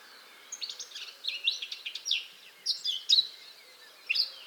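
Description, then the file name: Eurasian blackcap giving a soft, scratchy run of quick twittering notes, with a few brighter chirps near the end and faint background hiss. "Sylvia atricapilla"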